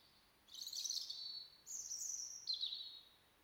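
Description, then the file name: European robin song: three linked high phrases in quick succession, the middle one highest and the last slightly descending. "Erithacus rubecula"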